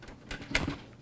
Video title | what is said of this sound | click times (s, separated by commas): LIVE! The Beast 2 Computer - Intel I9 9900k - Gigabyte Z390 Aorus Pro WIFI - 32GB Corsair Vengeance | and you'll hear it click, and if you give it a light tug, you'll see it doesn't come off. | 0.6 s